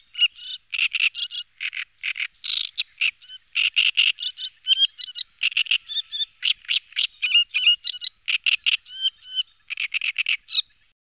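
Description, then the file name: Great reed warbler giving a continuous song of loud, grating, creaky notes, each repeated several times in quick succession, mixing rough low syllables with sharper higher ones. "Golosa ptic - Drozdovidnaya kamyshovka Acrocephalus arundinaceus"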